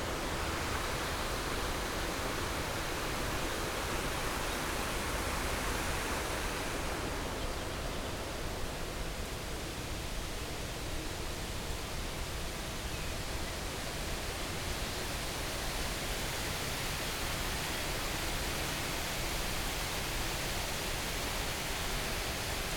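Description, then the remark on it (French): Water rushes steadily beneath a small bridge between a pond and a river, a constant, dense hiss and murmur with no voices, its brighter edge easing slightly after the first several seconds. “Le petit pont entre l'étang et la rivière.”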